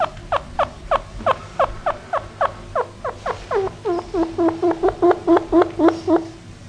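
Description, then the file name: Chinchilla calls: a steady series of short squeaky barks, about four each second, dropping lower and merging into tighter, harsher notes toward the end. "shinshilla"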